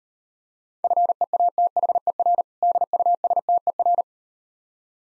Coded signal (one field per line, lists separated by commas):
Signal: Morse code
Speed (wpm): 38 wpm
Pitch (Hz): 700 Hz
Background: none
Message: FEATHER DUSTER